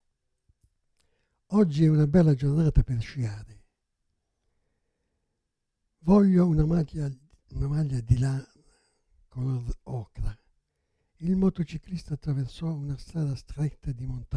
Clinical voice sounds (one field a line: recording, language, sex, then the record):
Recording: read phrases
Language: Italian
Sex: male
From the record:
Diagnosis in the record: Parkinson's disease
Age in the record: 77 years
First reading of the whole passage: 65 s, 8.0 characters per second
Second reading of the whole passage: 61 s, 8.5 characters per second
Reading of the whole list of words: 50 s, 5.6 characters per second